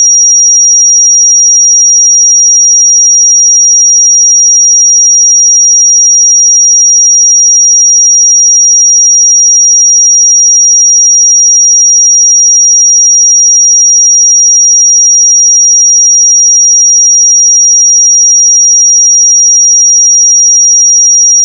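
A pure sine tone at 5704 Hz holds perfectly steady and bright for the whole clip, unchanging in pitch and loudness, with silence beneath.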